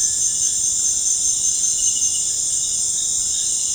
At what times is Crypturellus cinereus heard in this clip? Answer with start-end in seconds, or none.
0.00-0.61